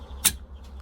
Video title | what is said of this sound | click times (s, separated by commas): HOW TO CHANGE SPEAKERS IN AN AUDI A5/S5/RS5 | that snap in place so that's it | 0.3 s